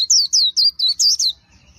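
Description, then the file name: White-eye: six fast, high, down-slurred whistled notes in just over a second, then quiet. "tieng khuyen liu"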